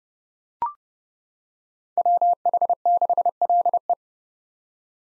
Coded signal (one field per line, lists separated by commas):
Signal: Morse code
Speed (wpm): 30 wpm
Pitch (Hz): 700 Hz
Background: none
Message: WH6LE